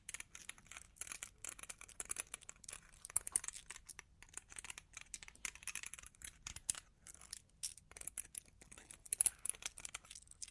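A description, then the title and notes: Long claws tap and scratch in a fast, irregular stream of sharp clicks across the whole clip, bright and crisp with short gaps between bursts. Scratchy, crinkling scrapes run beneath the taps, and the activity stays dense without settling into a steady rhythm. Long Claws Tapping and Scratching (No Talking).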